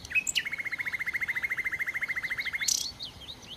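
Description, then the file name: Common nightingale song: a brief flourish, then a long even rattle of many quick identical notes, ending in a sharp burst; quiet bird twitters continue. "Nachtigall"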